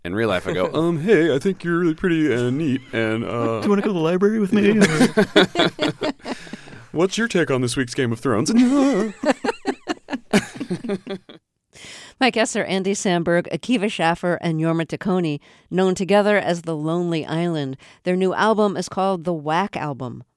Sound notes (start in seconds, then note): 4.4 laughter; 8.4 laughter